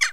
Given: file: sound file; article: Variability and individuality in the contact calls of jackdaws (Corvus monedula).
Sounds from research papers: jackdaw call; harmonic

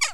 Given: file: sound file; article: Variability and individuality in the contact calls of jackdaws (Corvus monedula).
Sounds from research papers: jackdaw call; harmonic

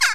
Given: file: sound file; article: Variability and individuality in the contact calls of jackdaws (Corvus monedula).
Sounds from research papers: jackdaw call; harmonic

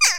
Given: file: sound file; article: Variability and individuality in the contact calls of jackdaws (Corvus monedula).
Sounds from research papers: jackdaw call; harmonic

